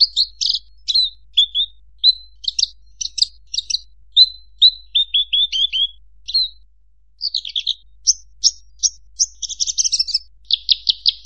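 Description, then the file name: Bushlark song, a long varied stream of high chirps, slurred whistles and buzzy bursts, a brief pause midway, then rapid stuttering notes. "suara burung branjangan"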